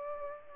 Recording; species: mosquito wingbeat signal from an infrared sensor; Aedes aegypti